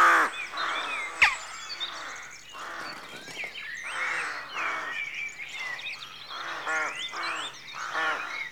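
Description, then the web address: Rooks give a steady stream of hoarse, grating caws from several birds, overlapping throughout, with a sharp click early on. Rookery at dawn, rural outdoor atmosphere. "BBC Sound Effects Library BBC 52-Exterior Atmospheres-Rural Backg 04 Rookery Dawn"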